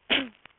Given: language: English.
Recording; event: throat vibration sensor signal played as sound; cough